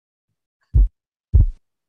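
Heart sounds from a heart sound simulator at normal rate, not slowed: a physiological split S2, the splitting varying with inspiration and expiration.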